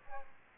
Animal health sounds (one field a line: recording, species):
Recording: mosquito wingbeat signal from an infrared sensor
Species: Aedes aegypti